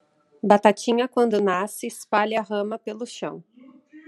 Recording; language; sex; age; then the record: short text; Brazilian Portuguese; female; 30 to 39 years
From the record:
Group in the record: control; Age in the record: 37 years